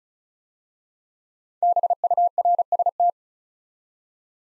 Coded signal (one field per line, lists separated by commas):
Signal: Morse code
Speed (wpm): 36 wpm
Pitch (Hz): 700 Hz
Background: none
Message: BURST